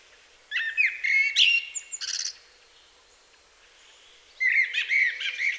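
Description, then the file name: Blackbird song: a warbled phrase with a sharp high twittered close, a pause of about two seconds, then another melodious phrase begins. "Turdus merula"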